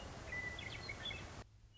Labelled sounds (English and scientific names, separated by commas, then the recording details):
Western Meadowlark (Sturnella neglecta)
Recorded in Sonoma County, California